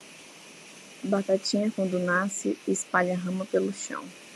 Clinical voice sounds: short text; Brazilian Portuguese; female; 30 to 39 years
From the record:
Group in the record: control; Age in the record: 32 years

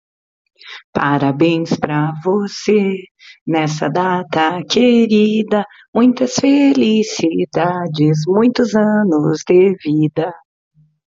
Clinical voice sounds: short text; Brazilian Portuguese; female; 50 to 59 years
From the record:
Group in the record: control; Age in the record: 55 years

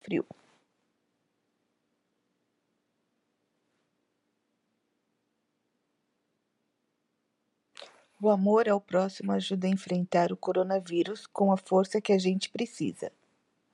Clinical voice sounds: spoken sentence; Brazilian Portuguese; female; 40 to 49 years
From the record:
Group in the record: control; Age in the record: 49 years

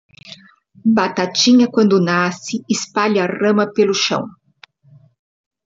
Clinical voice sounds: short text; Brazilian Portuguese; female; 60 to 69 years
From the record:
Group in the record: control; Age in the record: 60 years

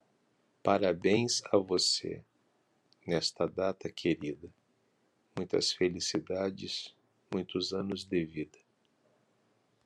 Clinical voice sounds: short text; Brazilian Portuguese; male; 50 to 59 years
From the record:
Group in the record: control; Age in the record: 52 years

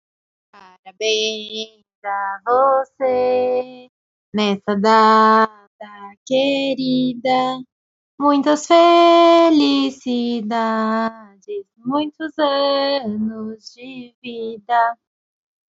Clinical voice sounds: short text; Brazilian Portuguese; female; 20 to 29 years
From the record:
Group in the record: control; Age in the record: 25 years

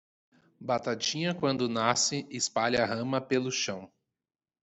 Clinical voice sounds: short text; Brazilian Portuguese; male; 20 to 29 years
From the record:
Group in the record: control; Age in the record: 24 years

